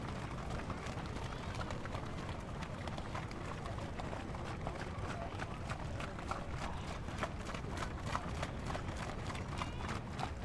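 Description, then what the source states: Horse hooves clopping in a steady walking rhythm, sharp hoof strikes growing denser later, over constant low background rumble. Horses walking by on a sloppy track.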